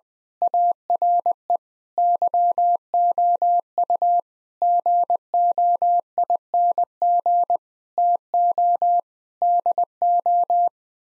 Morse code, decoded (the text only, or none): ARE YOU GOING TO DO